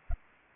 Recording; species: mosquito wingbeat signal from an infrared sensor; Aedes aegypti